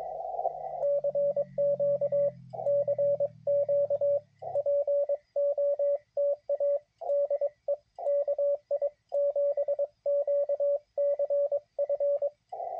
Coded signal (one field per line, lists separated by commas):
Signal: Morse code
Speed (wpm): 22 wpm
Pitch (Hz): 560 Hz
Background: radio noise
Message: CQ CQ POTA DE KI7QCF